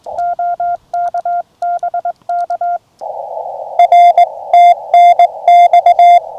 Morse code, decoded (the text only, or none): OK BK R TNX